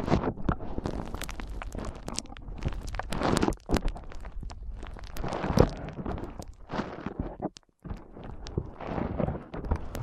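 Foam is squeezed and rubbed in a steady run of soft crunching and squishing, dense with quick crackles and sharp clicks scattered throughout. Louder swells come around three and five to six seconds, with brief near-silent pauses just before four and near eight seconds.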